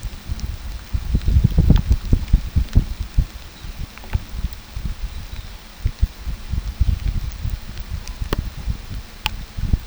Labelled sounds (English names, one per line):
none